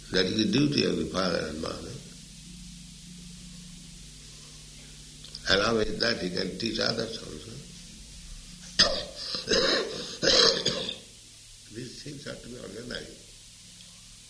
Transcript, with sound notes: That is the duty of the father and mother. Along with that, he can teach others also. [coughing] These things are to be organized.